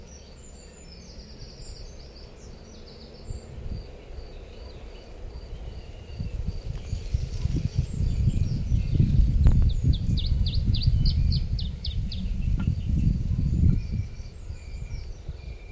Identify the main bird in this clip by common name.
Iberian Chiffchaff